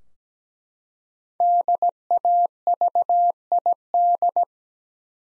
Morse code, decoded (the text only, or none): DAVID